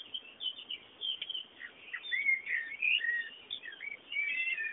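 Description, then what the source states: Birds chirping and warbling almost continuously, overlapping high twittering notes rising and falling throughout, over faint steady hiss. Background birdsong.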